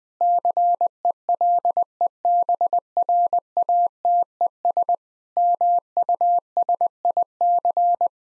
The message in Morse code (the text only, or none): CELEBRATES MUSIC